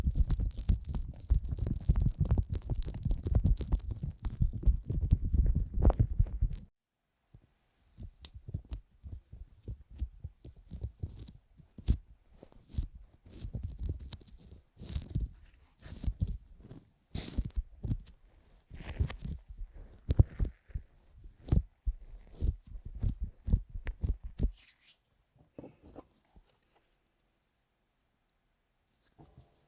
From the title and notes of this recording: ASMR Fast & Intense Ear Massage wCream (No Talking).